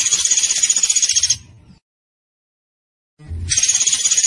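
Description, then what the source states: Zebra finch's rasping, rapidly pulsed high trill, cut off, then resuming after a two-second pause, with soft low noise between. Master recording for training cage birds.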